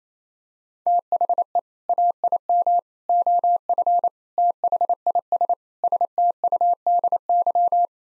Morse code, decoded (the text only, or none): THE AIM OF THIS STUDY